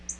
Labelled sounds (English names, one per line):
Black-throated Blue Warbler flight call